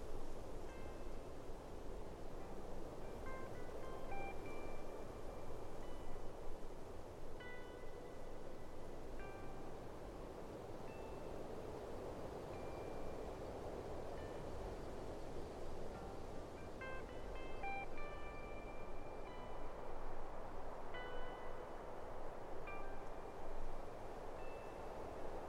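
A mountain summit, with a steady rush of wind filling the air from low to mid pitch. Light, bright metallic chimes or bells ring intermittently through it, with clusters of tinkling around five seconds and again between seventeen and twenty-one seconds.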